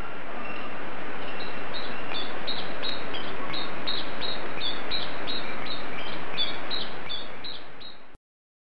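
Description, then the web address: Common chiffchaff song: an even series of short high notes repeated steadily, under loud continuous rumbling noise, with the recording cutting off abruptly at the end. Individual described as a 'basista' (bass singer). "pierwiosnek basista"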